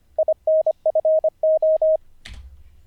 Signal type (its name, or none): Morse code